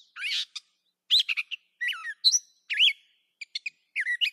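Catbird vocalizing in a quick medley of harsh squawks, slurred mewing whistles and short clicks, phrases changing every half second against a quiet background.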